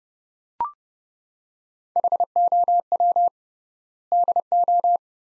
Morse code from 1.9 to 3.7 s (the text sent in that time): HOW